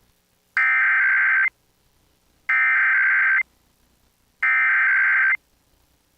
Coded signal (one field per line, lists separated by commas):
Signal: Emergency Alert System (SAME) tones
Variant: header bursts